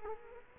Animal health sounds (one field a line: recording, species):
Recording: mosquito wingbeat signal from an infrared sensor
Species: Culex quinquefasciatus